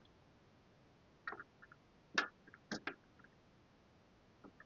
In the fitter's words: And they snap into place. Very nice.